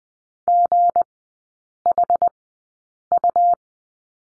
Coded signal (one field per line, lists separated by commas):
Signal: Morse code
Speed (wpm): 20 wpm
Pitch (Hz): 700 Hz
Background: none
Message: GHU